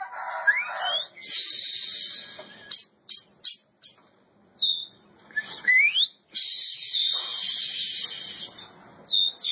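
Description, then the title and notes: Oriental magpie-robin song in bursts: rising whistled slurs and harsh scratchy passages, separated by brief quiet gaps and clipped notes. Champion bird. "Kicau Burung Kacer Juara. Suara Kicauan Burung Kacer Juara"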